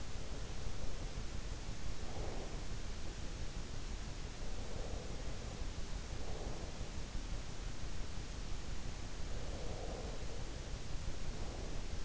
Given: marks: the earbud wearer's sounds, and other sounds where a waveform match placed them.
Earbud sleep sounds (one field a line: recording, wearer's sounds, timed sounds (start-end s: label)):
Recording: sounds in sleep by an in-ear microphone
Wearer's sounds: breath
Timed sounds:
0.00-2.77 s: breath
4.48-7.14 s: breath
9.34-12.05 s: breath